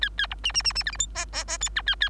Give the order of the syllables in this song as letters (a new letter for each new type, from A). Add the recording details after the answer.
A A B C C C C D E F G G G H I A A. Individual Bird3